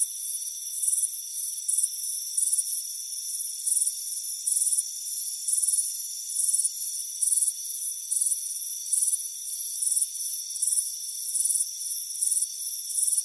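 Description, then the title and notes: Several crickets give short, bright pulsed chirps repeated steadily throughout, with a continuous high hum beneath. Crickets chirping on a warm afternoon on a front porch. "Soothing Crickets Chirping Sound. Deep Sleep Sounds"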